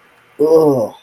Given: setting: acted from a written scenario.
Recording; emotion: vocal sound without words; contempt